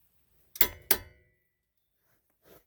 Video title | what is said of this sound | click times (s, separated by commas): Subaru grinding noise | let's hear that click again hold the brake tight got my son hold the brake | 0.9 s